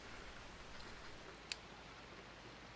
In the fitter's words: Push the new battery against the metal clip and the battery should lock into place.